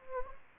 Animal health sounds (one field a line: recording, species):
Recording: mosquito wingbeat signal from an infrared sensor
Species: Anopheles gambiae